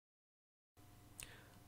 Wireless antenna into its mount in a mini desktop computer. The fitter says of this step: you'll just have to pinch and push down he'll snap into place finally